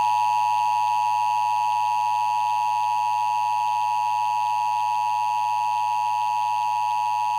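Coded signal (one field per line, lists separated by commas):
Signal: Emergency Alert System (SAME) tones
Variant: 853 and 960 Hz attention tone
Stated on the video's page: Real EAS alerts captured during storms in the Northeast and Mid-Atlantic.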